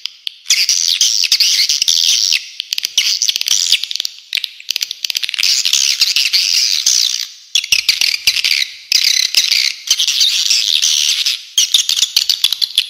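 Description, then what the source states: Dense swiftlet chatter, high buzzy twittering phrases running almost without break, with brief pauses and scattered clicks. Clean, clear calls.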